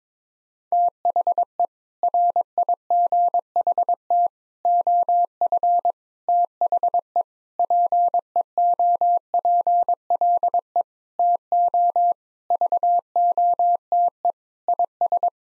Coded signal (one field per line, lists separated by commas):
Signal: Morse code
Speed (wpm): 22 wpm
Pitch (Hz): 700 Hz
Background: none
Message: THE RIGHT OF THE PEOPLE TO VOTE IS